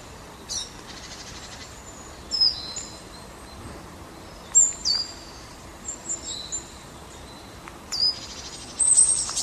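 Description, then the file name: Great tit calls: short, high, thin notes in scattered bursts, some with sharp downward sweeps, separated by quiet gaps, over a steady low background hiss. "Parus major"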